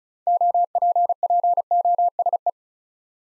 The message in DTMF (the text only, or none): none